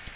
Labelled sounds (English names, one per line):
Black-throated Blue Warbler flight call